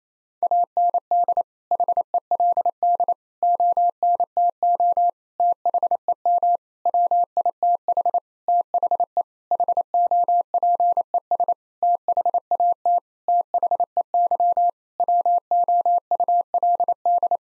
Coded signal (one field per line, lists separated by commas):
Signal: Morse code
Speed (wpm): 28 wpm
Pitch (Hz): 700 Hz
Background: none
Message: AND HELD ONTO THEM WITH THE HOPES THAT THEY WOULD